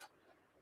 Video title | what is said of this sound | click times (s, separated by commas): Live Stamping Class 2.22.26 | Oh, there it is. I can feel it. It just clicked right into place. | 0.0 s